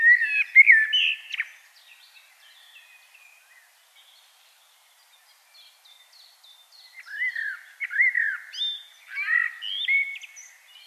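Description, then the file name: Common blackbird song: a fluty warbled phrase fading into faint twitters, a long quiet gap, then another phrase of rich downward-slurred whistles and high chirps. "Turdus merula"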